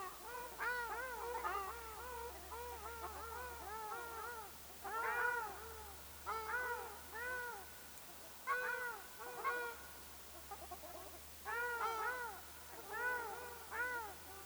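Ruddy shelduck nasal honks, arched notes in short bursts separated by brief pauses, some calls overlapping.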